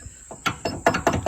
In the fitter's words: and then it locks in place so